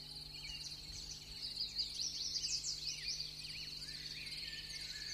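Birds singing in a morning chorus, many thin high chirps and trills overlapping continuously, with a steady low hum beneath.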